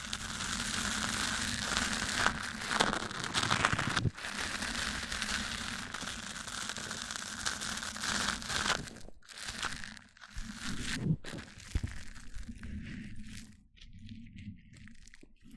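Mic-on-mic triggers: dense crackly rubbing and crinkling with a low thudding rumble, brief dropouts near nine and ten seconds, thinning out toward the end.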